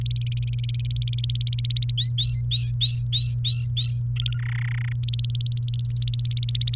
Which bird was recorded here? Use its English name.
Domestic Canary